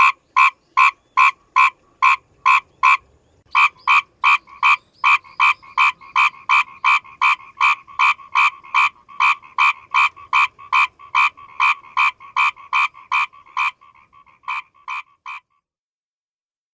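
A single frog calls alone in a fast, steady run of short, bright croaks, about two or three per second. The series pauses briefly near three seconds, resumes evenly, thins toward the end and stops around fifteen seconds, leaving quiet.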